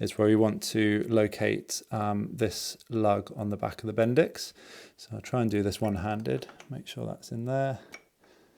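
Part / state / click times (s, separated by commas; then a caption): starter Bendix drive into its bushing behind the flywheel on a motorcycle engine / not seated / none. A new starter Bendix drive is handled one-handed as its rear lug is lined up with the bushing behind the flywheel on a 2024 KTM TBI motorcycle engine, fitted because the old drive's clutch system was suspected of sticking. Someone talks throughout, and faint light metallic handling sounds are heard near the end. Nothing has seated or clicked yet.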